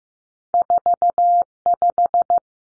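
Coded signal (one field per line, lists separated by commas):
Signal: Morse code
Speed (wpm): 15 wpm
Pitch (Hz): 700 Hz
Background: none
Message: 45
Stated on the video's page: Practice drill at 15wpm of two-digit cut numbers, each sent in Morse, spoken, then sent again for head-copy.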